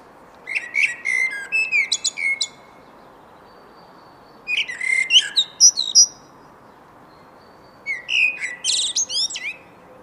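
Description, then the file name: Common blackbird singing three phrases about three to four seconds apart, each opening with rich low whistled notes and closing in a scratchy, high-pitched twittering flourish. "Turdus merula"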